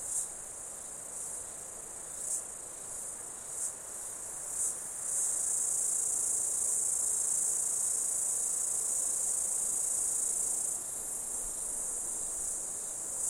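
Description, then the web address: Insects shrilling in a high chorus, first in a few short pulsing bursts, then merging into a long loud continuous drone that eases slightly near the end. Insect ambience in an Australian summer, outdoors. "Foundation 1 AMBIENCE AUSTRALIAN SUMMER INSECTS"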